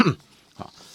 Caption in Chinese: 引起打嗝的一种原因，是因为横膈膜啊 以及吸气肋间肌之间的收缩了，使得肺部瞬间扩大嘛。 然后吸进了大量的空气， 同时呢声带也同时之间收缩。 关紧闭。 使得它会发出一种 尖锐的细细的咯咯咯的这样的声音。